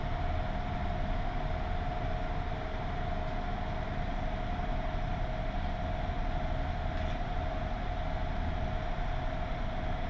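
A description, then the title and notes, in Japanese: A local train on the Tokaido Main Line rumbles steadily along, its deep, dense rolling noise unbroken for the whole stretch. A constant mid-pitched whine rides on top, and a brief faint tick stands out around the seventh second. 東海道本線各駅停車 豊橋→西岡崎。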